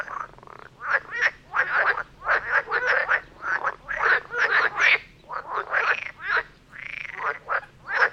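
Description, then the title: Dense frog chorus, many harsh croaks crowding together in nearly continuous overlapping bursts, a few longer drawn-out croaks in the later part. Chorus of frogs near Vellerner Brook in Neubeckum, recorded at 2pm in stereo. "Frog concert near Vellerner Brook in Neubeckum - 2pm"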